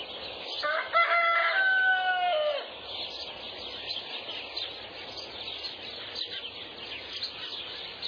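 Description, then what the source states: Rooster crows once, a loud harmonic cock-a-doodle-doo lasting about two seconds, while a busy chorus of small birds chirps continuously in the background. Rooster with birds, at dawn.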